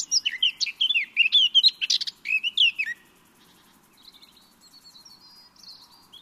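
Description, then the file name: Eurasian blackcap song: three seconds of busy chattering and whistled warbling notes, followed by quiet stretches with a few faint high notes. "Sylvia atricapilla"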